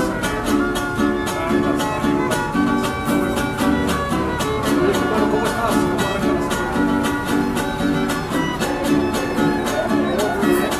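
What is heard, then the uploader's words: A Mexico City soundscape dominated by loud music with a steady, quick beat and sustained melodic notes layered over a low, full bass. The sound stays dense and even throughout, with crisp percussive hits recurring regularly and little else audible beneath. Ciudad de México Soundscape.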